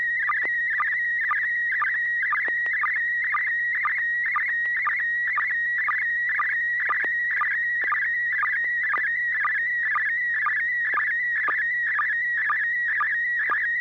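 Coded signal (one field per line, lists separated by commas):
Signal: SSTV (slow-scan television)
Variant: PD mode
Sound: warbling tone around 1.9 kHz with short low blips about twice a second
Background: low mains hum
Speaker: okay there we go uh this is going to be pd220 n6 [Music] pgq e e I d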